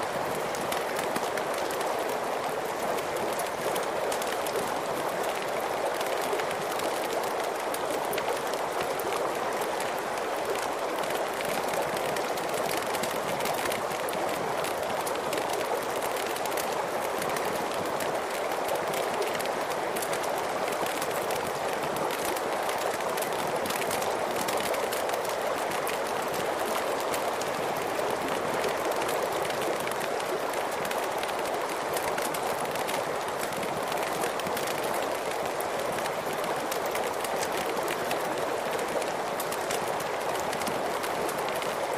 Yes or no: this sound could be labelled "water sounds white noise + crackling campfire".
yes